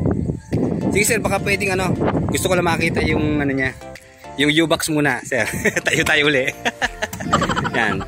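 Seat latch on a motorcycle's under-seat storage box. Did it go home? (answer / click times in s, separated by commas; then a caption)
released / 7.3 s. Someone talks while working the seat latch of a motorcycle or scooter to open its under-seat storage box, with music playing underneath. A sharp click is heard at 7.3 seconds as the seat latch releases open.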